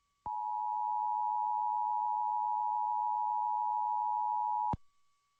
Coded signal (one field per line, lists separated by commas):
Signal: Emergency Alert System (SAME) tones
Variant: 853 and 960 Hz attention tone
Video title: San Bernardino County Required Monthly Test (EAS #1175-1176) 9/6/23